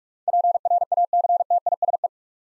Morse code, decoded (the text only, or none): PRACTISE